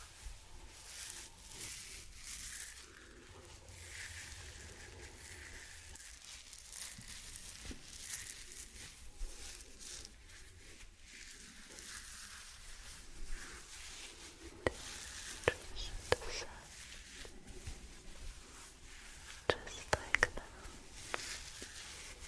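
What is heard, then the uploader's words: A scalp and face massage with soft, steady rubbing and brushing, broken by sharp little taps and clicks that grow more frequent after fifteen seconds. ASMR Sleepy Scalp Massage & Face Massage.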